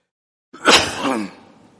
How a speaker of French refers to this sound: C'est juste avant que je vienne ici, j'ai senti qu'il y a une petite toux qui me dérange.